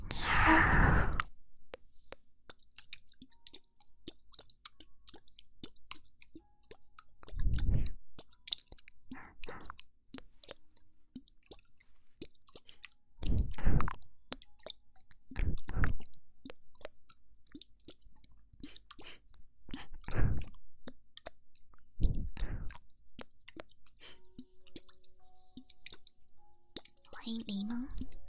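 Wet mouth sounds of ASMR ear eating: sparse clicks and smacks, with a loud burst at the start and heavier bursts every few seconds.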